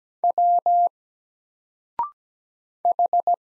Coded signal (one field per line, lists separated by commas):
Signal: Morse code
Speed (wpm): 17 wpm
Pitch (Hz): 700 Hz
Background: none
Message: W H